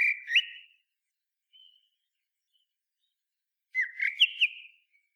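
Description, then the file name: Common blackbird with two clear, warbled whistled phrases, the second longer with sharp high chinks inside it, and a faint soft note between them. "Turdus merula"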